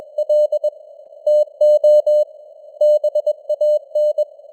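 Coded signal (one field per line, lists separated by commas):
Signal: Morse code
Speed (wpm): 21 wpm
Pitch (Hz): 600 Hz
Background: none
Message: L TO BAN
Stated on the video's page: Morse news headlines at 21 wpm with simulated radio noise and varying signal strength (QSB).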